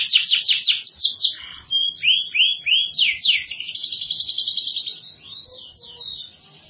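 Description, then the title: Atlantic canary song: fast trills, then three sweeping whistled notes, a buzzy rattling passage, and softer fading notes near the end. "Kenari"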